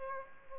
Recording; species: mosquito wingbeat signal from an infrared sensor; Aedes aegypti